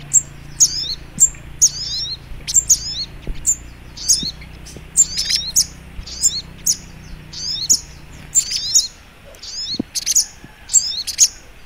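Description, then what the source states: Little Spiderhunter giving rapid high-pitched twittering bursts, some clustered closely, others after short pauses, with a soft low background drone. Masteran (training song) of sogok ontong in the labaik song style.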